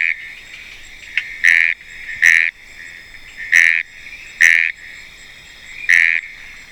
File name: Kurixalus appendiculatus